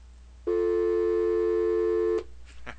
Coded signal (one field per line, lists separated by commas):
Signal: telephone call progress tone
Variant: North America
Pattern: dial tone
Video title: Generate a Dial Tone with Sin Waves by ṤⱧǠᴆŐƜ